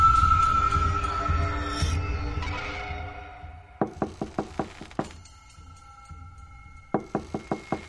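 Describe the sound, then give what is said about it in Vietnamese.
Sharp, hard knocks by a man's hand on the closed door of a room in a row of rented rooms come in quick bursts of about five raps each, pausing between sets, while a low steady hum fills the background. “Tiếng gõ cửa đã không ngừng vang lên bên ngoài của một căn phòng trong dãy phòng trọ.”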